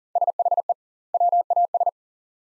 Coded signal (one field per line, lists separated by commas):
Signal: Morse code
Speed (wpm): 37 wpm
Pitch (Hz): 700 Hz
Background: none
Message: SHE WAS